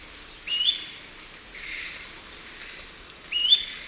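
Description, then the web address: Gray-crowned flatbill song: two short upslurred whistled notes about three seconds apart, over a steady high insect drone. Recorded in the eastern lowlands of South America. "Natures Songs S America Eastern Lowlands. Gray-crowned Flatbill"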